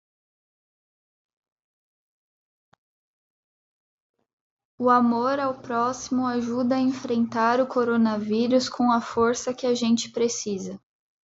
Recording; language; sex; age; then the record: spoken sentence; Brazilian Portuguese; female; 20 to 29 years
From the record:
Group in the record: control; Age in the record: 26 years